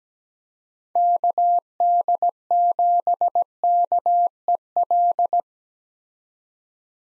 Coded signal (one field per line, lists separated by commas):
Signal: Morse code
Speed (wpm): 17 wpm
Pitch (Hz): 700 Hz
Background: none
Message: KD7KEL